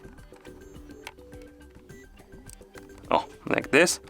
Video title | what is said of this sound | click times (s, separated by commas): How to Install SIM & SD Card in ACER B3-A40 Iconia One 10 – Insert SD Card | as you can see it's pushing out the card but if you push it far enough and you hit the click | 1.1 s